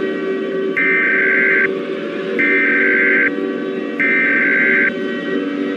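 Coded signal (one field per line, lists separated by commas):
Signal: Emergency Alert System (SAME) tones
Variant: header bursts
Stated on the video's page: Mock solar-storm-themed EAS scenario, not real.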